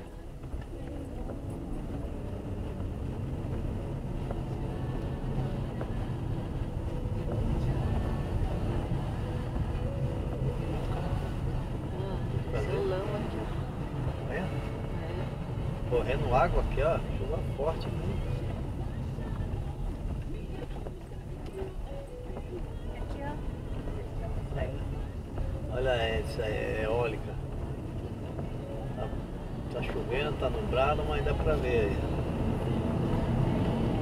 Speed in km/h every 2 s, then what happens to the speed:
23, 33, 36, 34, 33, 33, 30, 31, 31, 19, 17, 25, 28, 32, 38, 47, 55.
0-5 speeds up to 36. 5-16 steady at about 31. 16-20 brakes to 17. 20-34 speeds up to 55.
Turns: none.